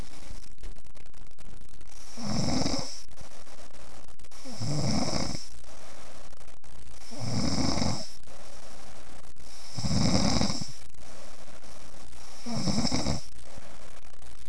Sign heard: Snoring.